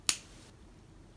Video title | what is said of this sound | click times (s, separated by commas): The Stationery Selection January 2019 Unboxing | uh to put the cap back on it just snaps back on so make sure you hear the click | 0.1 s